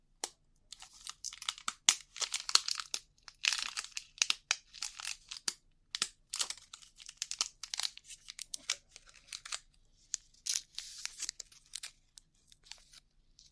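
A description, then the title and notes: Rough ear cleaning: a stream of scratchy, crinkling rubs and scrapes, bright and hissy, coming in irregular bursts with short silent gaps throughout. The strokes vary in length, some quick clicks, others longer dragging swipes, with louder clusters near two, four and eleven seconds. ASMR Rough Ear Cleaning (No Talking).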